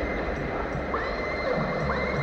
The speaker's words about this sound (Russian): Слышится ржание лошадей.